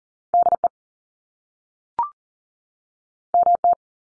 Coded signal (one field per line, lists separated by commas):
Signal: Morse code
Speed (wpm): 40 wpm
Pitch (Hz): 700 Hz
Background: none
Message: DE MT